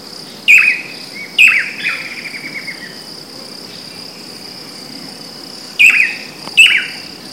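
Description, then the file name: Swallow-tailed manakin: sharp falling notes in pairs, one trailing into a fading buzzy rattle, over a steady high-pitched insect whine. Recorded in Parque Estadual da Cantareira, São Paulo, Brazil, on 19 January 2013 with a minisony. "Chiroxiphia-caudata-PECantareira-SP-19-1-13-ASilveira-minisony"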